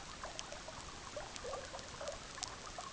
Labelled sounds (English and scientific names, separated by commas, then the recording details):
none
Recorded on Arctic tundra, site EABA-MC, on 18 June 2019
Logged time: 06:00